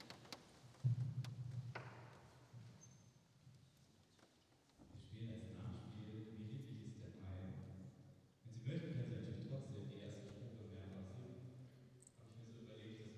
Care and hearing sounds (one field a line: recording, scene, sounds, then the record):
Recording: everyday scene through a hearing-aid microphone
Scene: reverberant space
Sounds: speech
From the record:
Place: church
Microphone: in the ear canal, right